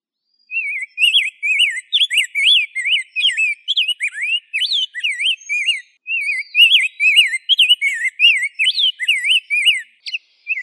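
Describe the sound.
Rose-breasted grosbeak delivering a fast, flowing warbled song of liquid whistles, rising and falling in quick succession with two brief pauses.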